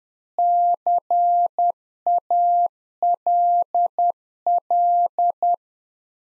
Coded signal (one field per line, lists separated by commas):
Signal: Morse code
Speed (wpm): 10 wpm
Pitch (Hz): 700 Hz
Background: none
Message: CALL